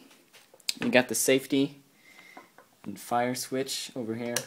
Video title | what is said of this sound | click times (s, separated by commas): Cybergun - FN Herstal SPR A5M - Unboxing/first impression! | nice Clicks in like that | 0.7 s